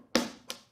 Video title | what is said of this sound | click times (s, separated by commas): 17. Network Tools | you'll hear that click that's why it's called a punch down tool and it strips it embeds and then | 0.2 s